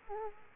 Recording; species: mosquito wingbeat signal from an infrared sensor; Culex quinquefasciatus